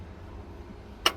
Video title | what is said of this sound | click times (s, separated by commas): Do you have diesel in your coolant? Check this out! | You'll hear it click in. | 1.1 s